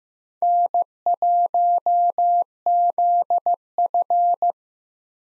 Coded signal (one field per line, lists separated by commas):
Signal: Morse code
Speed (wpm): 16 wpm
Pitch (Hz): 700 Hz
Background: none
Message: N1ZF